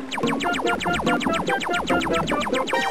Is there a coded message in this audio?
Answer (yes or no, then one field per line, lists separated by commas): no